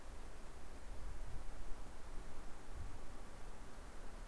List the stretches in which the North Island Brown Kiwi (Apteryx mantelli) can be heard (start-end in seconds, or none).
none